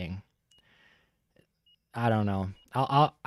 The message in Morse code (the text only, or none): none